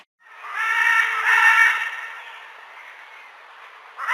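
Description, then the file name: Military macaw giving one long, drawn-out raucous call that swells and then trails off hoarsely, with a new squawk starting at the very end. "canto del guacamayo militar"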